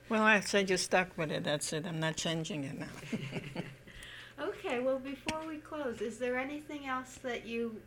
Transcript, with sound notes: Well, I said, "You're stuck with it. That's it. I'm not changing it now." (They laugh.)
Okay. Well, before we close, is there anything else that you